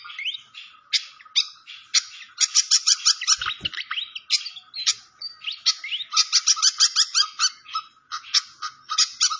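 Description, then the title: Malaysian pied fantail pouring out rapid bursts of sharp chirps and short whistled slurs, nearly continuous, with one soft low thump midway. Clear-voiced song, used as masteran training song. "Masteran Sikatan Kipas Suara Jernih Dan Suara Gemericik Air"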